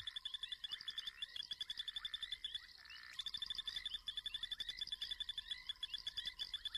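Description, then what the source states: Frog chorus of many overlapping high, rapidly pulsed trills, the calls stacking into a dense shimmering mass, with a brief lull near the middle before the callers resume together. Males call together as a group, then fall silent together while another group a little farther off starts; this alternation confuses predators homing in on calls; calls are aimed at females.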